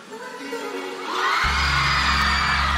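A large concert crowd in Aachen cheers and whoops, the roar swelling louder after a second, as a DJ starts a heavy, sustained bass-driven music track beneath the noise.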